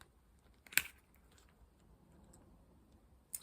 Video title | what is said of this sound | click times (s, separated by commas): How to use plastic pipe using John Guest Speedfit #plumbing #plumber #diy #renovation #bathroom | that's not really a problem all you do is you completely unscrew it you'll hear a click so | 0.8 s